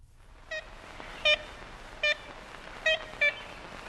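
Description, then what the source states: Ivory-billed Woodpecker calls: five short, nasal, tooting notes rich in overtones, spaced irregularly under a steady background hiss. Cornell archival recording made in 1935; call described as a pretty high sound for a big bird, like a little toy horn tooting, resembling a nuthatch.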